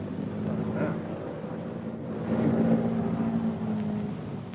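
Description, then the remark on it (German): A three-engine Junkers aircraft approaches with a steady, low droning hum of propeller engines that swells slightly louder midway, over a faint rushing hiss. “Jetzt eben nähert sich wieder eine dreimotorige Junkersmaschine.”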